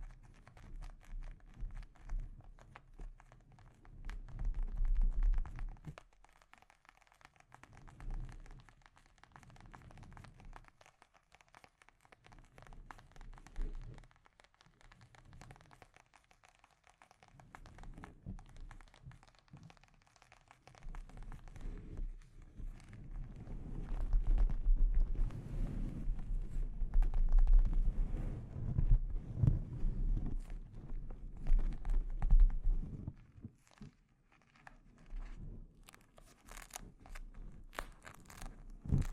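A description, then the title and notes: Delicate scratching and tapping on a microphone, a mostly low, rubbing texture broken by short pauses around 6, 9 and 15 seconds. The scratching grows denser and louder from about 23 to 33 seconds, then thins into sparse, brighter taps near the end. ASMR Delicate Mic Scratching and Tapping Triggers for Instant Sleep (No Talking).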